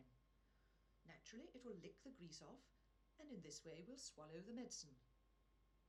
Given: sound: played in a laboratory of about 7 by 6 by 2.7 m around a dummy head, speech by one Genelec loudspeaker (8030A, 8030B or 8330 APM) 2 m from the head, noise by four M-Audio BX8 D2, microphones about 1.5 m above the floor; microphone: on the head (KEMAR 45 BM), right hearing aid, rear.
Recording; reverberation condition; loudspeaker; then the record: female speech in English; low; 150 degrees to the right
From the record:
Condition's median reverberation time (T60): about 310 ms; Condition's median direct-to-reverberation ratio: about 3.5 dB